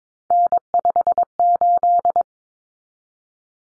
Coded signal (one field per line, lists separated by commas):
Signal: Morse code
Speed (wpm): 22 wpm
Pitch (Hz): 700 Hz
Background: none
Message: N58